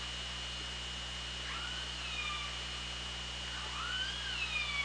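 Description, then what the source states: Killer whale calls: a quick upswept call, then sliding harmonic tones near the end, set against steady underwater noise. Hydrophone at OrcaLab, 24 August 2017, 18:23.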